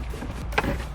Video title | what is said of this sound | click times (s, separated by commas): Installing the Mb Quart Toyota Tacoma stage 6 audio system and it is done and sounds great | Put it in until it locks into place. | 0.6 s